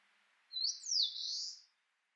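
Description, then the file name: Bird calling one bright, high phrase of rapid rising and falling sweeps, lasting just over a second, over a faint low hiss. Recorded in Chichibu. "sendai chichibu mju"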